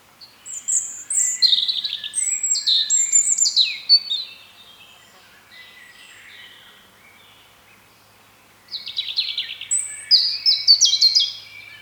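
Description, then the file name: European robin singing two high, varied phrases of thin whistles, trills and quick descending notes, divided by several seconds of near silence. "Erithacus rubecula"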